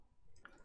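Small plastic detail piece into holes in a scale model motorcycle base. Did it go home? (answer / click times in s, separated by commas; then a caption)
yes / 0.4 s. A small plastic detail piece on a Pocher Ducati 1299 Panigale R Final Edition 1:4 scale motorcycle model is pushed so its pegs clip into the holes in the base. Two sharp clicks come at 0.4 s and 0.5 s, the second louder and brighter. The piece is seated and holds so firmly it seems it could not be removed even with a screwdriver.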